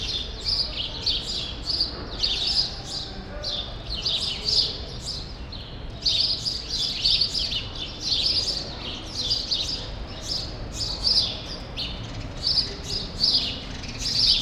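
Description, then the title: Flock of sparrows chattering, bright chirps coming in repeated clumps with short gaps, faint low rumble underneath. Sparrows still present in a small remaining part of a once large grove, Rue Saint-Jean Népomucène, Brussels, Belgium; recorded with Earsight V2 AB microphones into a Zoom F3. "Rue Saint-Jean Népomucène 13, 1000 Bruxelles, Belgique - Sparrows - Moineaux"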